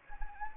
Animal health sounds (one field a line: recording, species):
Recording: mosquito wingbeat signal from an infrared sensor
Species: Anopheles gambiae